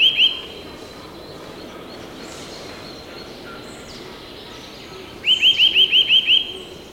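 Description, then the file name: Eurasian nuthatch giving a fast series of bright, evenly spaced piping notes near the end, after a short burst at the start, over a constant hiss. "Sitta europaea"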